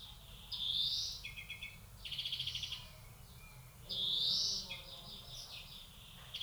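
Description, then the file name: European greenfinch alternates long rising wheezes with short, dry trilled phrases, and a second wheeze swells near the middle. "Chloris chloris"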